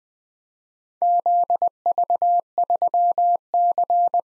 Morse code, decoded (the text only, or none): ZV3C